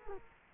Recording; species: mosquito wingbeat signal from an infrared sensor; Culex quinquefasciatus